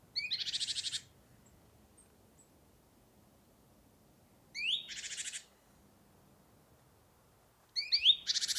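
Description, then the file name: Great tit churring: three bursts of dry, buzzy rattling, each introduced by a brief chirp, separated by several seconds of quiet. "Parus major"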